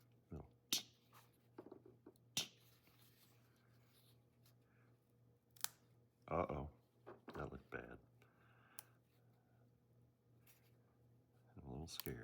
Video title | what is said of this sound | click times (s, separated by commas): Building the motorcycle wooden puzzle - step 1 - the front fender and forks | I'm just trying to press here I'm going to probably leave little indentations you hear it snap | 0.7 s, 2.4 s